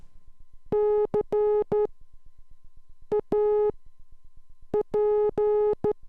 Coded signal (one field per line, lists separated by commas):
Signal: Morse code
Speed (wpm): 13 wpm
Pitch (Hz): 420 Hz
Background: none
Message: CAP